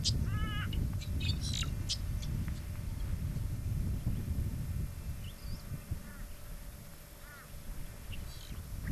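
Brown songlark song: short creaky, stacked notes and scattered sharp chirps at the start and again near seven seconds, over a steady low rumble.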